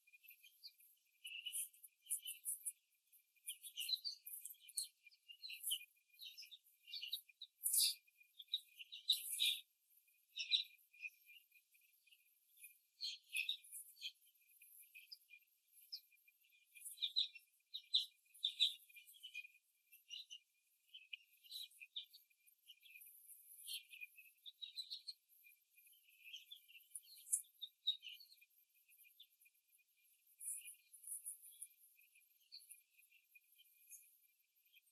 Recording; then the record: young laying hens in a cage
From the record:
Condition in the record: after the stressor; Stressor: simulated dog barking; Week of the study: 3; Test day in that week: 1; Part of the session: 4